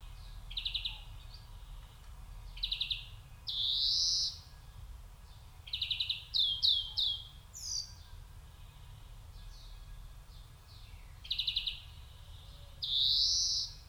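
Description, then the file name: European greenfinch giving quick rattling trills and drawn-out nasal wheezes, plus a cluster of short upslurred notes midway; faint low background hum throughout. "Chloris chloris"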